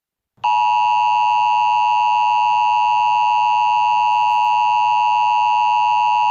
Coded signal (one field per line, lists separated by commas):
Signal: Emergency Alert System (SAME) tones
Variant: 853 and 960 Hz attention tone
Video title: EAS Scenario:The USSR Part 1